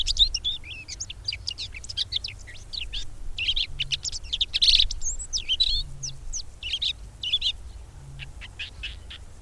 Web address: agykontroll Madardalok Cd 2. Tövisszúró gébics